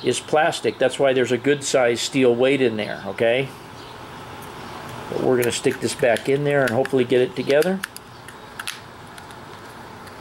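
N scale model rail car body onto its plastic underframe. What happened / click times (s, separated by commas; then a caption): The plastic car body is being handled but has not yet snapped home / none. Someone talks while pushing the plastic body of an N scale freight car, with a good-size steel weight inside, back onto its plastic underframe. A few brief handling ticks come between about 8.3 and 9.2 seconds. Nothing has seated or clicked yet.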